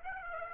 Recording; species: mosquito wingbeat signal from an infrared sensor; Aedes aegypti